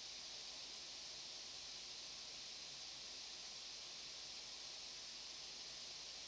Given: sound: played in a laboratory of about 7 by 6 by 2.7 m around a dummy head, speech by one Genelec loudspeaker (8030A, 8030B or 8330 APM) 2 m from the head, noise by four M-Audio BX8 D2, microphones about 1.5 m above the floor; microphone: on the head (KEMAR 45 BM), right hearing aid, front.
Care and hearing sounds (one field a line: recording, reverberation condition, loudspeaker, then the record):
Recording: white noise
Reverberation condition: low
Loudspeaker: four, about 170 cm from the corners of the room and facing them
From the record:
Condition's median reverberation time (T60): about 310 ms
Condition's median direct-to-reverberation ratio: about 3.5 dB